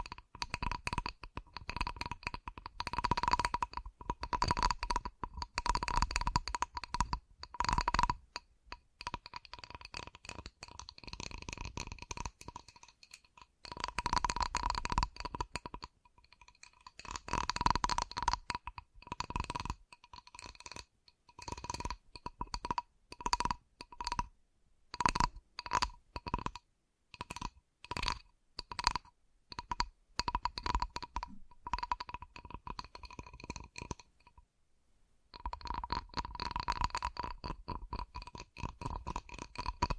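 ASMR tapping in quick bursts of dense, crisp taps, with short gaps between clusters and longer pauses near 9, 16 and 35 seconds. The taps are bright and clicky, alternating faster and slower runs, and a faint steady tone hums underneath throughout.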